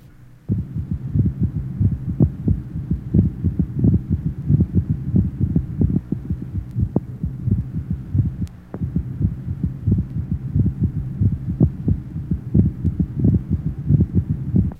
Age 20 four normal heart sounds, mitral area.